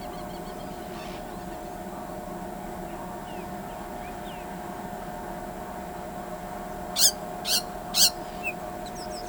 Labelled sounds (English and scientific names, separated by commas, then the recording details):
House Wren (Troglodytes aedon), Carib Grackle (Quiscalus lugubris)
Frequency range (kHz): House Wren (Troglodytes aedon) 1.8-3.9 kHz
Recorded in pastures near Pivijay, Magdalena, Colombia, on 15 April 2023 at 07:00
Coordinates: 10.456, -74.369
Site P6-G026